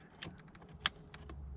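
A wiring connector is plugged by hand back into the steering-column clockspring of a 2015 Jeep Wrangler JKU. Small ticks and rustles lead up to one sharp plastic snap at 0.9 s, followed by a few fainter clicks. The connector is fully seated, and it must snap to be all the way in.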